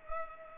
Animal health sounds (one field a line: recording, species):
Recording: mosquito wingbeat signal from an infrared sensor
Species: Culex pipiens